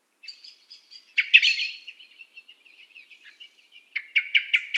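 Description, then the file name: Common blackbird calls: soft thin notes at first, then a short harsh burst, a string of quiet ticks, and finally a quick series of louder chinks. "Turdus merula"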